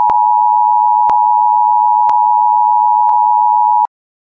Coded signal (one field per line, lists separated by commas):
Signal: Emergency Alert System (SAME) tones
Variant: 853 and 960 Hz attention tone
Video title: EAS mock-up: Blizzard 2010 State of Emergency for PA